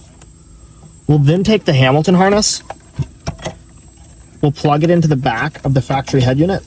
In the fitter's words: snap it into place and push the metal bar down make sure you hear it click